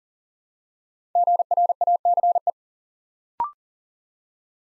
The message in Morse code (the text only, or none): GRACE